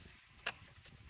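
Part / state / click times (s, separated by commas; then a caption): ignition switch connector lock into steering column harness connector / not seated / none. During reassembly of a 2008-2016 Chevrolet Cruze steering column after an ignition switch replacement, the ignition switch connector lock is pushed down and back toward the steering column harness connector. A brief sharp tap sounds at 0.5 s and a fainter one at 0.9 s over low background noise. Nothing has seated or clicked into place yet.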